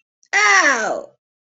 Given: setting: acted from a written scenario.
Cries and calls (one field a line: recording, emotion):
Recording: vocal sound without words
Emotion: pain